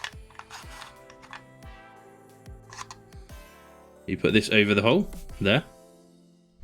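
A phone holder clamp is handled and placed over the hole at the end of a smartphone neck mount's arm, with light handling taps and clicks in the first three seconds. Someone talks from about 4.1 to 5.6 seconds. Nothing has clicked or seated yet.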